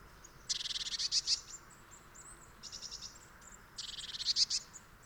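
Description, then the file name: Eurasian blue tit giving high, rapid rattling churrs in short bursts, two loud ones with a softer one between. "Cyanistes caeruleus"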